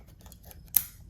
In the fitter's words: and you get the clicks on